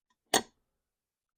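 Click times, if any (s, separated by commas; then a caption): 0.3 s. A steel shift component is slid into a Mazda Miata NB manual transmission case until its spring-loaded detent ball snaps into its groove. One sharp metallic click is heard at 0.3 s, and the part is seated.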